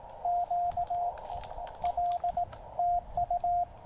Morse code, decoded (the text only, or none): Q L TU